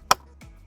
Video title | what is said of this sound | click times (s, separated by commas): Install Clek Foonf Convertible Car Seat Rear-Facing | and it'll snap into place. | 0.1 s